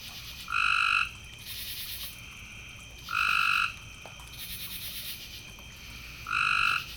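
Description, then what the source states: Three level, whistle-like frog calls, each lasting about half a second and coming roughly every three seconds, against a soft, pulsing high buzz. Several frogs, recorded in the evening.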